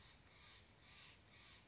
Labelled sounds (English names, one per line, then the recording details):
Steller's Jay
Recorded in Sonoma County, California